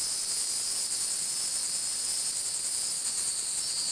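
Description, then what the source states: Insect chorus, continuous high thin buzz with a slight shimmering pulse, holding level from start to finish. Recorded at Fort Matanzas.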